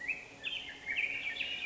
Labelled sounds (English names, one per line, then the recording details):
Black-headed Grosbeak
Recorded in Sonoma County, California